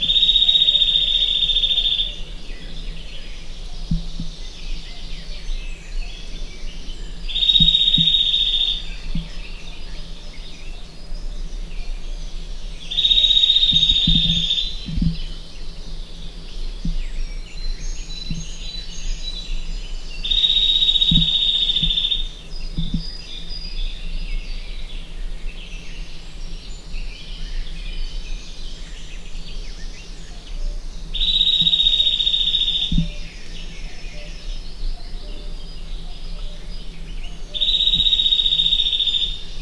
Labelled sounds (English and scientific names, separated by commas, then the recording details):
Eurasian Nuthatch (Sitta europaea)
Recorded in the wild
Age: adult
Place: Krüseliner Mühle, Feldberger Seenlandschaft, Mecklenburg-Vorpommern, DE
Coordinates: 53.2711, 13.4233
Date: 2000-05-27
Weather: clear, 15°C
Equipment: Sony TCD-D8, Telinga Pro 5
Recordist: Frommolt, Karl-Heinz